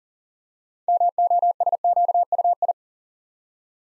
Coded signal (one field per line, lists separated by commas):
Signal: Morse code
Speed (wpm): 42 wpm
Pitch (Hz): 700 Hz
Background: none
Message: MOSQUI